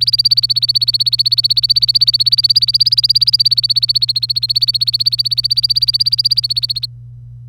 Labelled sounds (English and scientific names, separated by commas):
Domestic Canary (Serinus canaria) song